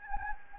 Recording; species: mosquito wingbeat signal from an infrared sensor; Anopheles gambiae